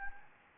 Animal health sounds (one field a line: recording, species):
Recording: mosquito wingbeat signal from an infrared sensor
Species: Anopheles gambiae